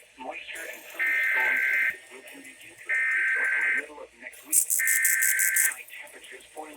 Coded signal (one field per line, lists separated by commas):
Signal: Emergency Alert System (SAME) tones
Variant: header bursts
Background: speech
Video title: MORE TYPICAL SGX STUFF. Broadcast Radio EAS: Required Weekly Test (EAS #1,079-1,080)